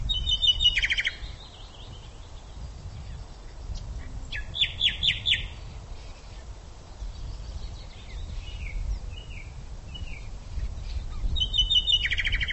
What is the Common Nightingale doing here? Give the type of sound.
song